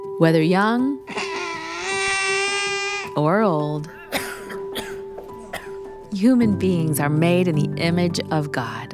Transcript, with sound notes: Whether young...... [crying baby] or old...... [older person coughing] human beings are made in the image of God.